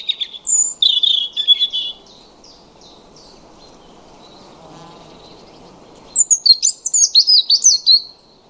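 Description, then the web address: European robin song: a run of high, thin repeated notes, a pause of several seconds, then a rapid, tumbling phrase of high twittering notes; faint low background hiss. "2025 File origin Bird Only Er Ru"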